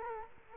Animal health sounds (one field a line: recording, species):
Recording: mosquito wingbeat signal from an infrared sensor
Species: Culex quinquefasciatus